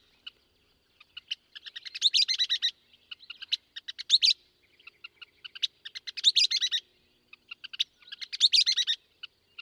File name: Western Kingbird